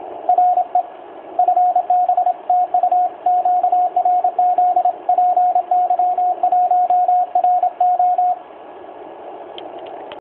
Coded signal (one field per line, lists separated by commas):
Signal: Morse code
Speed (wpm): 27 wpm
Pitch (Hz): 720 Hz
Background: radio noise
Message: RE FB TU QRZ PY1RO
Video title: PY1RO & EU CW